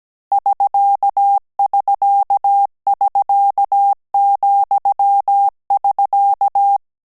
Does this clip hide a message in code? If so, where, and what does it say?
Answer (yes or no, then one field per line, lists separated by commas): yes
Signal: Morse code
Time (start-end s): 0.3-6.8 s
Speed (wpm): 17 wpm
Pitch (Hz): 800 Hz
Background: none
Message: <SK><SK><SK>,<SK>